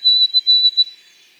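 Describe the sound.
White-throated sparrow whistling a clear, pure note held at one steady pitch and broken into several short pieces, with no other sounds.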